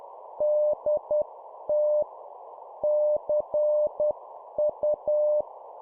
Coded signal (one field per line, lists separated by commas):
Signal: Morse code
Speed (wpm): 10 wpm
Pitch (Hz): 600 Hz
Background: none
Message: DT CU